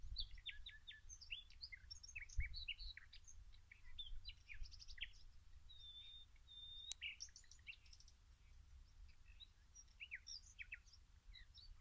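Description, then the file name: Common nightingale song, with busy bursts of varied chirps, one steady drawn-out whistle midway, then quicker scattered high notes over low rumble. "Luscinia megarhynchos"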